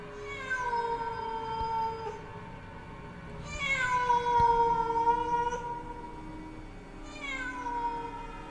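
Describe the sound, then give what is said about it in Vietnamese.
At night, a cat lets out long, drawn-out mournful meows, three wailing calls in a row, each rising and then sliding down in pitch, loud and alone with no talking. “Trong màn đêm, lẫn trong cái tiếng mèo kêu ai oán”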